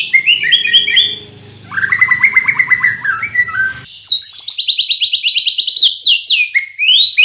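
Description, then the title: White-rumped shama song: fast stuttering phrases, then a run of repeated lower notes, then a brighter rapid series of high repeated notes; a low background hum stops midway. Song used as a tutor recording (masteran) to train cage songbirds. "Masteran Murai Batu"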